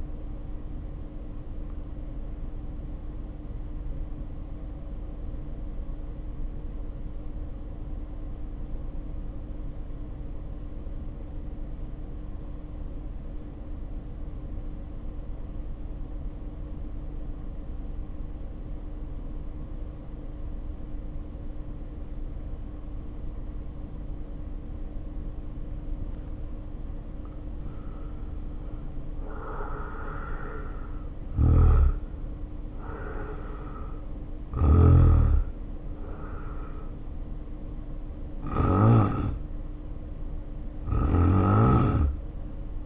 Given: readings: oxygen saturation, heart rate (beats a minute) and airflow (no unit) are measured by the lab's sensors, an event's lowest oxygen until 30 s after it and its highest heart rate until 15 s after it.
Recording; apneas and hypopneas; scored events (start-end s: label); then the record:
breathing in sleep by a smartphone at the bedside; 1
4.00-31.80 s: hypopnea (N1, oxygen 95% highest, then 75% lowest, heart rate 51 at the start, 69 highest)
From the record:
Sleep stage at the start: N1 (lightest sleep); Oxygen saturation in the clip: 77 to 95%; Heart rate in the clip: 49 to 69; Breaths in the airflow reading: 12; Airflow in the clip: -1.4 to 1.7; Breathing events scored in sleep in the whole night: 520 in 7.2 hours asleep